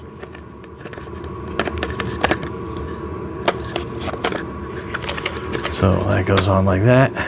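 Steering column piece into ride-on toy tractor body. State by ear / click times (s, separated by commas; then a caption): not seated / none. A plastic steering column piece is handled and positioned onto its mount on a JCB blue and red ride-on toy tractor excavator while someone talks, with sharp plastic knocks and taps around 1.6, 2.2, 3.5, 4.3 and 5.3 seconds. Louder toned talking fills the last second and a half. The piece has not seated or clicked into place yet.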